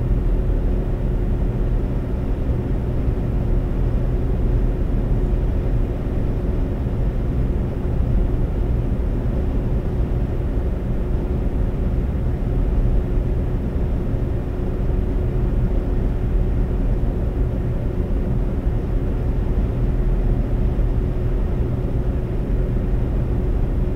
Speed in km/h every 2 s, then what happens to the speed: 132, 132, 132, 132, 132, 132, 132, 132, 132, 132, 132, 132.
0-24 steady at about 132.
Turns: none.